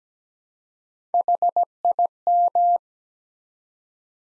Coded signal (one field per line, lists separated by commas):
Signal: Morse code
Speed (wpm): 17 wpm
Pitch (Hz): 700 Hz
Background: none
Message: HIM